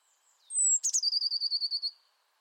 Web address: cianscape birddata Deverinetal 2025 File origin Bird Only Cy Ca